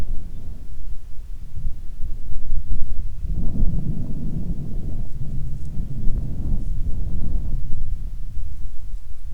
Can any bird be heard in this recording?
no